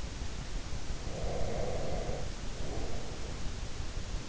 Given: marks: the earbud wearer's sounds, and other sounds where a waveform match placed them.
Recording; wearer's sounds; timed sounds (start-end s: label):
sounds in sleep by an in-ear microphone; breath
1.03-3.40 s: breath